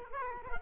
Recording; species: mosquito wingbeat signal from an infrared sensor; Culex quinquefasciatus